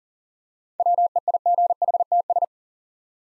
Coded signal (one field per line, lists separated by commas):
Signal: Morse code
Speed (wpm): 40 wpm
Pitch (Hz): 700 Hz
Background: none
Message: WEIGHTS